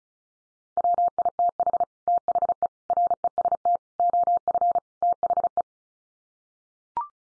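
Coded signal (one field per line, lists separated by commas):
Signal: Morse code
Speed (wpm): 34 wpm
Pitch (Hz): 700 Hz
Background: none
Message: WITH THE REST OF THE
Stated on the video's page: Practice drill at 35wpm: five-word groups from common 5-grams, each sent in Morse, spoken, then sent again for head-copy.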